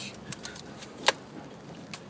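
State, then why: Seated. After a nail strip is slid into a nail gun magazine, the spring follower is pulled back, with a few light clicks and rattles around 0.3, 0.5 and 0.6 seconds. The loudest sharp click, at 1.1 seconds, is the follower latching home, showing the strip is seated and not overloaded with nails. A last small click follows at 1.9 seconds.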